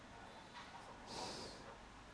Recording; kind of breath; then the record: one breath in and out by a microphone near the nose and mouth; normal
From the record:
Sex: male